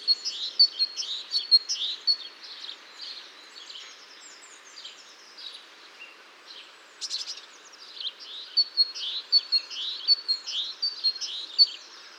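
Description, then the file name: Great tit calling: high, clipped notes repeated in quick runs, with a quieter stretch in the middle. "Parus major"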